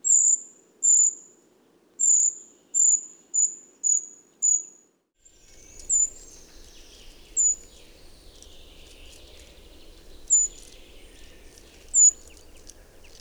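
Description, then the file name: Eurasian treecreeper repeating thin, very high notes in a quick series, then spaced out every one and a half to three seconds over a soft background hiss. "Grimpereau des bois"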